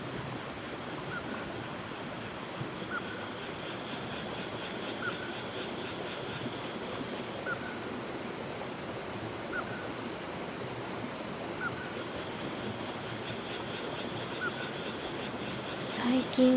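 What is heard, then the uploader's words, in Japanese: A rice paddy at midnight, filled with a dense, steady wash of low and middle sound like rushing water. Thin, high trilling comes in spells, and short calls recur every couple of seconds. A louder sound briefly breaks in right at the end. こえ と おと---- 真夜中の田圃より。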